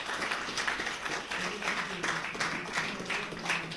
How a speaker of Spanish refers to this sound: Esto fue Leña al Fuego y vamos a aplaudir a todos los panelistas que estuvieron muy bien.